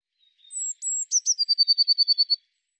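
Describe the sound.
Eurasian blue tit with a single phrase: a few thin, very high notes, then a fast even trill.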